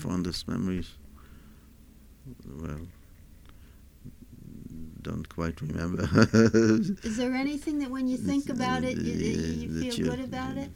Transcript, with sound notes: My fondest memories? Don't quite remember (he laughs)
Is there anything that when you think about it, you feel good about it?